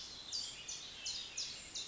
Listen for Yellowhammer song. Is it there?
no